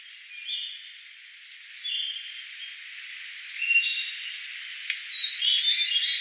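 Bird calls: high, quick chirps and short whistled notes in an irregular chatter throughout.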